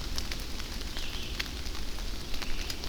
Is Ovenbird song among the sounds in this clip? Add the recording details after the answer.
no. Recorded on 24 June 2016 at 07:42. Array SBT-6-76